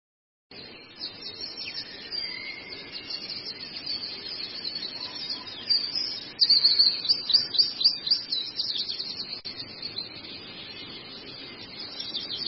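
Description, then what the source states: Long-tailed shrike song, a continuous high scratchy chatter with harsh buzzy notes, building into a burst of rapid repeated sharp notes midway before settling back into steady chattering. Masteran recording of a long-tailed shrike, made for training songbirds.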